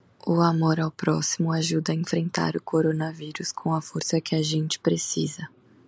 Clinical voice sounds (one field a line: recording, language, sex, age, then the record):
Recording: spoken sentence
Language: Brazilian Portuguese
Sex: female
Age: 20 to 29 years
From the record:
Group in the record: control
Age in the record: 28 years